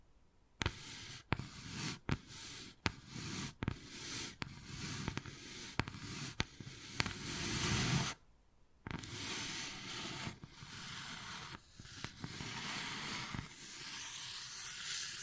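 Sharp wooden taps land roughly every second over rough scratching for eight seconds, then after a brief pause, denser steady scraping continues with occasional taps.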